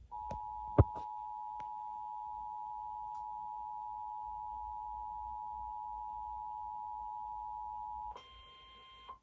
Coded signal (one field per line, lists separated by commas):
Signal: Emergency Alert System (SAME) tones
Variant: 853 and 960 Hz attention tone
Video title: EAS 964: LOT 80MPH WIND SVR